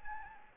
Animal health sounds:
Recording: mosquito wingbeat signal from an infrared sensor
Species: Anopheles gambiae

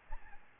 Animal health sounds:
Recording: mosquito wingbeat signal from an infrared sensor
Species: Aedes albopictus

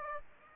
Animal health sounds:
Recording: mosquito wingbeat signal from an infrared sensor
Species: Aedes aegypti

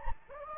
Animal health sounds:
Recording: mosquito wingbeat signal from an infrared sensor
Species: Anopheles gambiae

